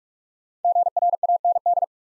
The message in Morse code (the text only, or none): GRAND